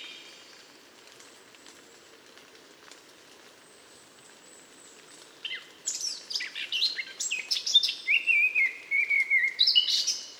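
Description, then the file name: Eurasian blackcap song: near silence for several seconds, then a sudden rapid warble turning into clear whistled notes. "Sylvia atricapilla"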